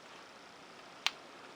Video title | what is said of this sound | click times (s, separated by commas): WYVERN 303 FOUNTAIN PEN | there you go closes with a nice satisfying click | 1.1 s